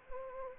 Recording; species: mosquito wingbeat signal from an infrared sensor; Anopheles arabiensis